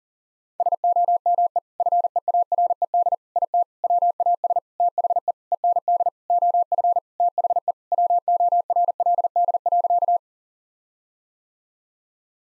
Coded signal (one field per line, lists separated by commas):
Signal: Morse code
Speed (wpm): 40 wpm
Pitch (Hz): 700 Hz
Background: none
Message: SOME FEARED IT WAS THE END OF THE WORLD.